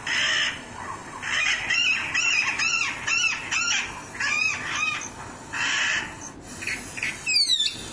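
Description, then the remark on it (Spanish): A chalk-browed mockingbird sings loud, varied phrases, each a quick cluster of repeated bright notes, separated by short pauses, ending in a rapid rising sweep. “Esta es la calandria. La gran imitadora.”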